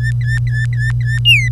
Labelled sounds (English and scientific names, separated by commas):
Domestic Canary (Serinus canaria) song